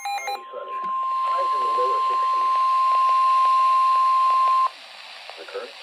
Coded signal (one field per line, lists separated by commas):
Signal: Emergency Alert System (SAME) tones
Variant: 1050 Hz attention tone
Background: speech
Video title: EAS #22 Severe Thunderstorm Warning for Dauphin, Perry, and Lebanon counties PA.